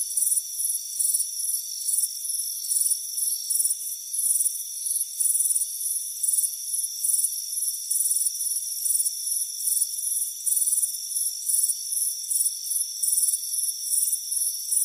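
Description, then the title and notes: Crickets chirp fast and high in closely spaced bursts over a steady background hum of high tones. Crickets chirping on a warm afternoon on a front porch. "Soothing Crickets Chirping Sound. It's a warm afternoon as you relax in a hammock on the front porch. Deep Sleep Sounds"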